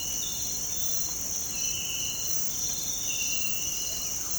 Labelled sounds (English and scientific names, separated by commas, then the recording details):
none
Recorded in pastures near Puerto Asís, Putumayo, Colombia, on 22 December 2024 at 06:00
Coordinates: 0.466, -76.322
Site G040